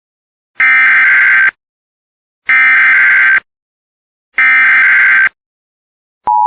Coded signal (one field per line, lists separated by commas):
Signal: Emergency Alert System (SAME) tones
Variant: header bursts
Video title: [EAS] Winter Storm Warning for Cass County MN from WXM99 (11/24/2025)